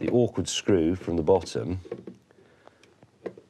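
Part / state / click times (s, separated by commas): rotary dial into Bakelite telephone case / seated / 3.3 s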